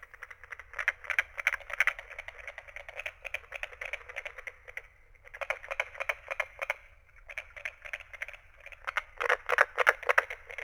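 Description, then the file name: Carpenter frog giving rapid hammering knocks in dense bursts lasting a few seconds, separated by short pauses. "Carpenter frog"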